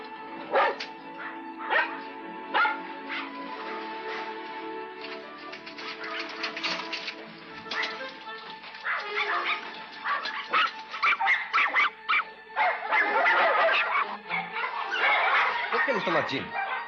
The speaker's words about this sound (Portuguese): São cachorros. Eu sei que são cachorros.